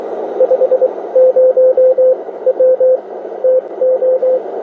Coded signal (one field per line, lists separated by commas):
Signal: Morse code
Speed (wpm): 23 wpm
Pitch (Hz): 510 Hz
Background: radio noise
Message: 50W TO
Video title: CX1SI-Recibo y prueba de QRP SDR HF 8 Bandas CW-SSB-USB -Octubre 2022